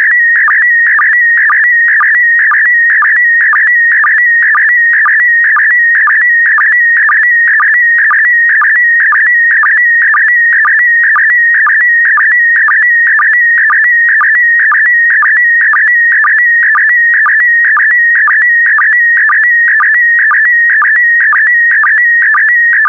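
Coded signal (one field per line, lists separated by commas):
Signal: SSTV (slow-scan television)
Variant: PD120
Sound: continuous warbling tone around 2 kHz with rhythmic low blips twice a second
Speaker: Five, four, three, two, one. Transmission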